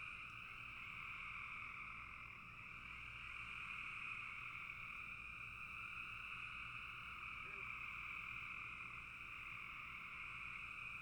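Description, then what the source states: Frog chorus, dense overlapping trills blending into a steady whirring drone, unchanged from start to finish. Several frogs calling in a bog.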